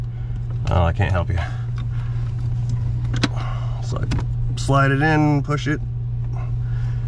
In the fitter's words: I don't I didn't think I got it I don't think it did I didn't hear it snap